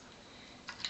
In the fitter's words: normalement on entend un clic voilà